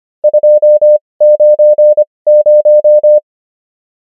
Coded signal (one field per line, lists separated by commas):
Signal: Morse code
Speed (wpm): 25 wpm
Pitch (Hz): 600 Hz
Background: none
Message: 290